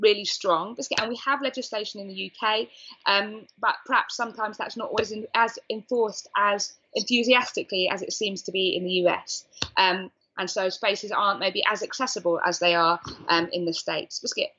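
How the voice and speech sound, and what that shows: An adult woman speaks fluently, with brief filled pauses, while the word "biscuit" bursts out twice, out of context, once mid-sentence and once at the end. These are involuntary vocal tics of Tourette syndrome interrupting otherwise normal speech.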